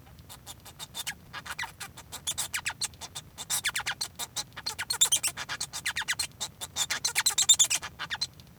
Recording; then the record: song of a male Bengalese finch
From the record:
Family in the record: son of father 1